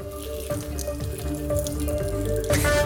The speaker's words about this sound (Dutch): En je hoort het een beetje, water valt daar. Hij gooit een flesje water over zichzelf en zijn nette pak met stropdas heen.